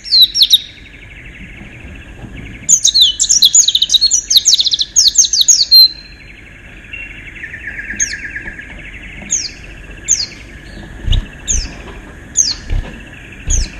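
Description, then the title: White-eye song: a brief whistle, then a quick jumbled twittering burst, followed by spaced single high chips. "Pleci. Haji Ifa Kudus"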